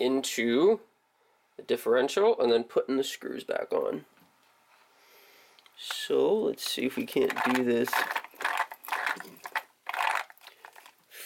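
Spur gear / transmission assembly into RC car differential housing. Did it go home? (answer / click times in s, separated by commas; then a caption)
yes / 9.6 s. Someone talks while reassembling a Traxxas RC truck's drivetrain after replacing the spur gear, pushing the spur gear and transmission assembly back into the differential housing. After a few small plastic clicks and rattles, a sharp snap at 9.6 s marks the part seating in place.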